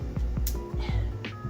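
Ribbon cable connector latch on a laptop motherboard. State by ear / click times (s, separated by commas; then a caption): released / 0.5 s. A small plastic latch on a ribbon cable connector on a laptop motherboard is lifted while internal cables are being disconnected, giving a little click at 0.5 s that releases the connector so the cable can be pulled out. Softer low taps and a faint tonal hum sit around it.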